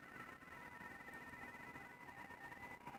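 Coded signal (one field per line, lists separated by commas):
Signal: RTTY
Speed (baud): 45.45 baud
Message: NAQP DE W1IE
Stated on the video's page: RTTY contacts in a QSO party contest, using a 29.5 ft end-fed antenna with a 9:1 unun and a manual tuner.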